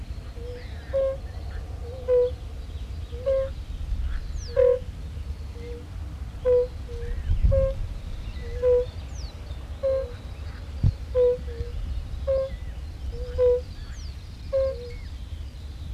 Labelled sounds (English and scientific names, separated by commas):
Fire-Bellied Toad (Bombina bombina) call